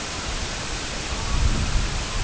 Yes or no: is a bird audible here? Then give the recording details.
yes. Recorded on Arctic tundra, site IGLO-A, on 22 June 2018. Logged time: 05:59